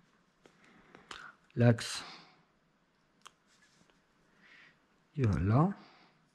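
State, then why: Not seated. A drive axle is handled and positioned at the hub housing of a Traxxas X-Maxx RC monster truck, with small, sharp handling ticks around 0.5, 1.0, 1.1, 3.3 and 3.9 seconds. Someone talks twice, around 1.6 to 2.3 seconds and 5.2 to 5.8 seconds. The axle has not seated or clicked into its housing yet.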